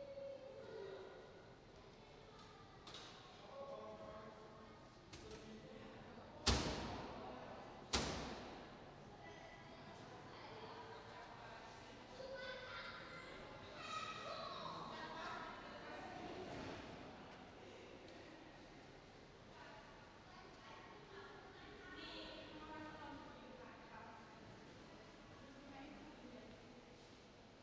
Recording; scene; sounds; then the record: everyday scene through a hearing-aid microphone; reverberant space; background noise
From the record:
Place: railway station hall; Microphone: in the ear canal, right